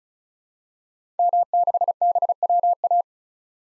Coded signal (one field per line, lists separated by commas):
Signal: Morse code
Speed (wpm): 36 wpm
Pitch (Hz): 700 Hz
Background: none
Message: M6BWA